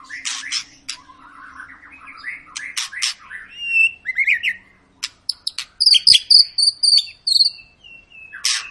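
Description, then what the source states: White-rumped shama: songbird song, dense and varied, with fast chattering bursts, rising whistles and high squeaky notes jumbled together, broken by sharp clicks and a short pause. Long lure song of a shama singing vigorously (gacor), used to make birds sing.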